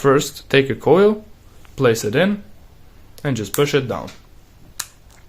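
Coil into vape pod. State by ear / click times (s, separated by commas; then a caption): seated / 4.8 s. Someone talks while a replacement coil is placed into a Vaporesso Go 80 vape pod and pushed down. One sharp click sounds at 4.8 seconds as the coil seats, sitting level with the bottom of the pod.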